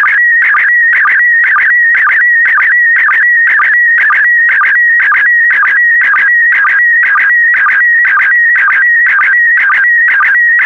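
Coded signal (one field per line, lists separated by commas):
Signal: SSTV (slow-scan television)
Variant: PD120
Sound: steady warbling high tone with a rhythmic low blip about twice a second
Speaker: the next image transmission will start in 10 seconds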